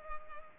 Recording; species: mosquito wingbeat signal from an infrared sensor; Culex pipiens